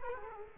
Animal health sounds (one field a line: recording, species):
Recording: mosquito wingbeat signal from an infrared sensor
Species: Culex quinquefasciatus